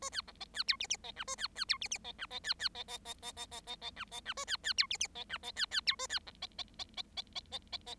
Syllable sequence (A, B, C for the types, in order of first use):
A B C D B E F F D G A B B E F F D G D B B D D D D D D D D G D G A B B E F F D G D B B E A B C D D D D D D D D D